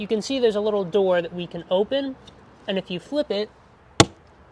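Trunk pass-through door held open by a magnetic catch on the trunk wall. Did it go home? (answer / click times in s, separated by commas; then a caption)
yes / 4.0 s. A small pass-through door in the trunk wall of a 2022 BMW Z4 M40i roadster is flipped open while someone talks. At 4.0 s a single sharp click is heard as the door swings back and is held against the trunk wall by its magnetic catch.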